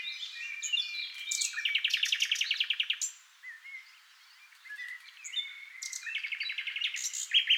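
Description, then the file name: Common nightingale song: a loud rapid series of repeated notes, a short lull, then more trills and whistles resuming. "NIGHTINGALE MIX"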